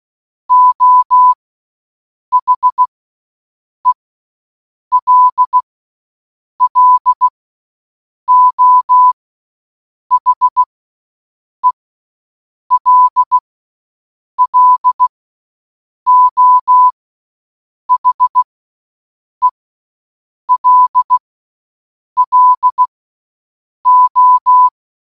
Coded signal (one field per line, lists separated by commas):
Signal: Morse code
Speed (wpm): 16 wpm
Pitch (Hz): 1000 Hz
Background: none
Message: O HELLO HELLO HELLO